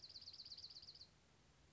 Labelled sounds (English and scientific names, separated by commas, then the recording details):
Dark-eyed Junco (Junco hyemalis)
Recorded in Sonoma County, California